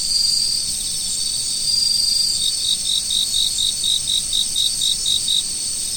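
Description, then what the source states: Insects singing: a sustained high-pitched shimmering trill with a clear series of regular pulsed chirps in the second half. Insects singing in fall.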